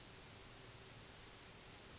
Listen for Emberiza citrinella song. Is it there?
no